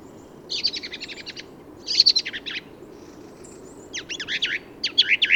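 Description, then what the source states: Song thrush song: a rapid run of repeated high notes, then a strong burst, ending in varied slurred phrases. Song thrush in Valdrôme forest, autumn, 15 November 2020; autumnal improvised song; thrushes staying until snowfall thanks to exceptional whitebeam and rowan fruiting; Nagra Seven recorder, Telinga Pro7 parabola.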